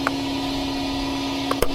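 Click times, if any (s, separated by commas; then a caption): none. An unnamed fitting is handled and pressed toward its mount during a drainage install, with a steady hum underneath. Short sharp handling knocks are heard near 0.1 s, 1.5 s and 1.6 s. The clip ends before the part goes home, and nothing has seated or clicked yet.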